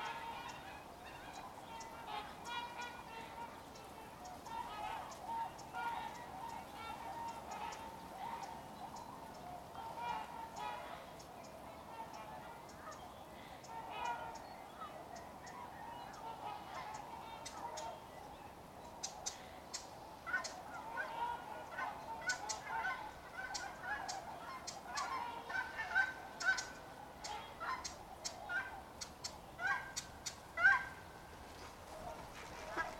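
Swans and other waterfowl call in a steady chorus of honks, growing busier with sharp clicks and bright calls after twenty seconds.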